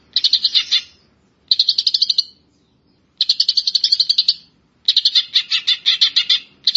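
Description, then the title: Grey-cheeked bulbul uttering four long rasping, rattling bursts of chatter separated by brief pauses, and the start of another. "Kicau Burung Cucak Jenggot"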